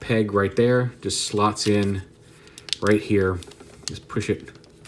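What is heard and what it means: Someone talks while a plastic peg on a combined shoulder-pad and chest-piece assembly of an Iron Factory IF-EX 35 Spirits of the D.E.C. Merak (Tesarus) transforming figure is slotted into the figure's lower leg and pushed in. Faint plastic handling sounds are heard between the words. Nothing has seated or clicked yet.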